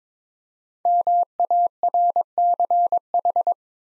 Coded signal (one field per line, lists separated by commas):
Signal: Morse code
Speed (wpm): 23 wpm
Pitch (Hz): 700 Hz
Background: none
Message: MARCH